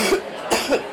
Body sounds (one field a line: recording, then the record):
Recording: coughing mixed with background sound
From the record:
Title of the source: 61 morning phlegmy cough...again